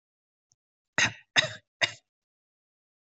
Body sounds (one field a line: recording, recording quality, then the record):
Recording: shallow voluntary cough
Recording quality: excellent, no background noise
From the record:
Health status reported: COVID-19 positive, no symptoms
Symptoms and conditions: none ticked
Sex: male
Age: 34 years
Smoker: not ticked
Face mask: not worn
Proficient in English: no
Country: India